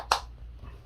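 A hair catcher basket is pressed into a shower drain and snaps into place, with sharp clicks at 0.0 s and 0.1 s, the second much louder and brighter. The basket is confirmed seated.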